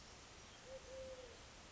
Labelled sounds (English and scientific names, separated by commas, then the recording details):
Eurasian Collared Dove (Streptopelia decaocto)
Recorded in Sonoma County, California